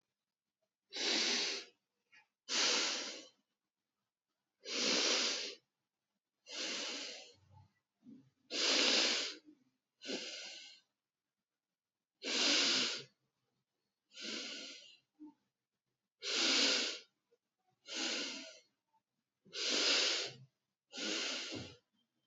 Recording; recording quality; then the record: deep breathing; excellent, no background noise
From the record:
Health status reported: healthy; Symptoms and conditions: none ticked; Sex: male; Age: 44 years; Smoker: not ticked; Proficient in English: yes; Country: India